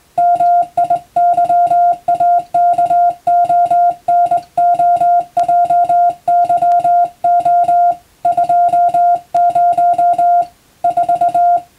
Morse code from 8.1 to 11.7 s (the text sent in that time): 20 4